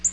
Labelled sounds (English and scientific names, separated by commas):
Black-throated Green Warbler (Setophaga virens) flight call